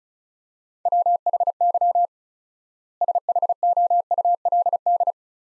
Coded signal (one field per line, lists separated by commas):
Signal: Morse code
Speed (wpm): 34 wpm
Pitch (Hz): 700 Hz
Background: none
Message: WHY SHOULD